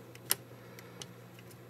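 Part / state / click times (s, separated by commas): plastic side cover onto a camera body / seated / 0.3 s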